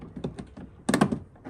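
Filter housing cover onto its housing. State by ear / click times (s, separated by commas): seated / 0.9 s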